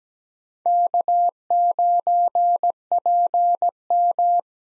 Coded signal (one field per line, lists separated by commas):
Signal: Morse code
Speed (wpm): 17 wpm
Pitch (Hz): 700 Hz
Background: none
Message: K9PM